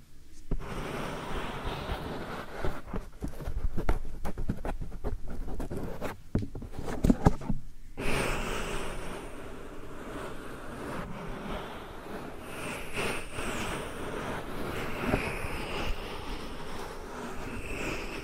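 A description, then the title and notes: Soft powder ear massage, with fingers rubbing and crackling against the mic. For the first eight seconds the strokes are dense and scratchy, full of quick crisp ticks; then it turns to smoother, steadier brushing with a soft airy hiss and gentle swells. ASMR Real Soft Powder Ear Massage (No Talking).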